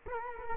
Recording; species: mosquito wingbeat signal from an infrared sensor; Culex quinquefasciatus